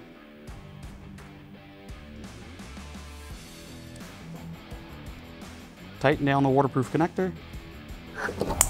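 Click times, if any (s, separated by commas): 8.6 s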